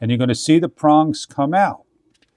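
Someone talks while sliding forward the prong switch on a plastic travel plug adapter so its Australia prongs come out of the housing. Speech fills most of the clip, followed by a few faint soft ticks around 2.2 s. Nothing has locked or clicked into place yet.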